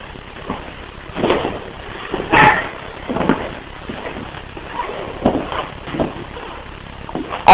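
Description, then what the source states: Small dog barking: several sharp yaps at irregular intervals, varying in loudness, ending with one loud burst. A little dog.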